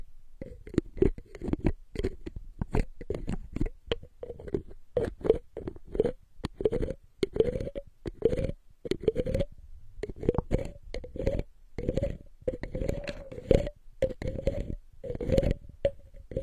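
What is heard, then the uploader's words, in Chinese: Bottle caps are tapped and handled in quick, steady bursts of sharp clicks, several per second, each with a short hollow ring in the mid range. A low rumble runs underneath, and the tapping pauses briefly around ten seconds before resuming just as densely. 多种瓶盖触发音。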